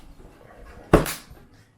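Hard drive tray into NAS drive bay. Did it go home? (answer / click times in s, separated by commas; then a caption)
yes / 0.9 s. A hard drive in its plastic tray is slid into a drive bay of a Synology DS1520+ NAS and pushed home. After a quiet lead-in, a sharp, bright snap is heard at 0.9 s, followed by a brief rattling tail. The tray seats in the bay.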